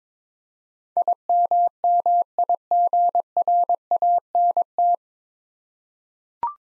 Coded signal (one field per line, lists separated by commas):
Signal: Morse code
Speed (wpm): 22 wpm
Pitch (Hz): 700 Hz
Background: none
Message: IMMIGRANT